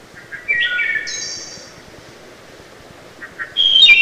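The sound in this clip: Wood thrush song, two phrases: a rolling fluted warble with an ethereal high trill, then soft introductory notes and a bright whistled flourish at the end.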